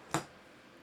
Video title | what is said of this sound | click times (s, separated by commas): The Water Leak That Almost Killed My Studio Build | And this with a nice little click becomes an entire board. | 0.1 s